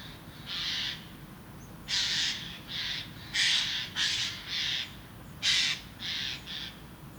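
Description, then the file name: Eurasian jay uttering a series of about nine harsh, hoarse screeches, some paired, steady low hum underneath. "Garrulus glandarius"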